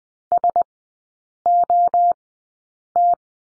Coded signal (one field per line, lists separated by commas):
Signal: Morse code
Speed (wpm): 20 wpm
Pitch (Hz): 700 Hz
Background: none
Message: S O T